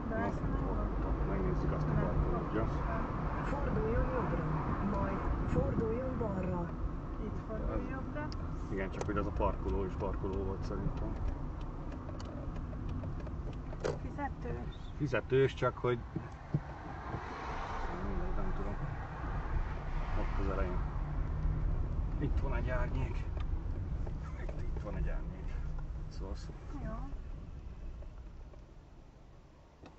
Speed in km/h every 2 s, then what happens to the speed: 35, 39, 42, 40, 25, 26, 25, 20, 12, 8, 13, 16, 15, 6, 7.
0-4 speeds up to 42. 4-8 brakes to 25. 8-13 steady at about 25. 13-17 brakes to 8. 23-26 slows to 6.